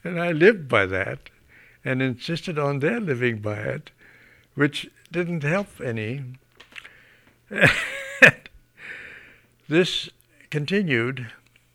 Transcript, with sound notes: And I lived by that and insisted on their living by it, which didn't help any. (he laughs) This continued